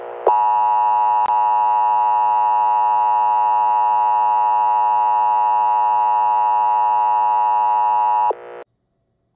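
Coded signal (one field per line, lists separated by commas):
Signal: Emergency Alert System (SAME) tones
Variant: 853 and 960 Hz attention tone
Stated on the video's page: Fictional EAS scenario.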